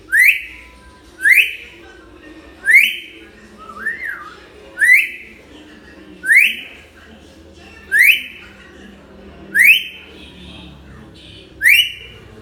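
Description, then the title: Hill myna giving loud rising whistled notes with bright harmonics, repeated throughout. Hill myna in full, energetic voice (gacor), offered as a tutor recording (masteran) for training birds. "Suara Burung Beo Gacor Cocok Untuk Masteran"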